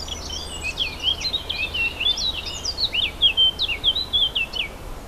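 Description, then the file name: Warbler delivering a hurried, varied warble of thin downslurred and upslurred whistles, about five seconds long, over background hiss. Warblers recorded 4 May 2011 with an MZ-N710 recorder. "mz-n 710 fauvettes 4 05 11"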